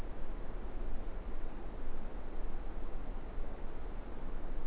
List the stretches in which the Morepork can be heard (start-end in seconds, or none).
none